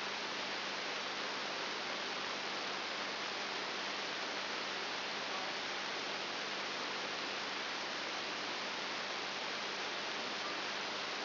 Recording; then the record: brain microelectrode recording played as sound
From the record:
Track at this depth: inside the subthalamic nucleus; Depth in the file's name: 5.9 mm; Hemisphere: right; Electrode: 3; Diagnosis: Parkinson's disease